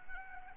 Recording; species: mosquito wingbeat signal from an infrared sensor; Anopheles gambiae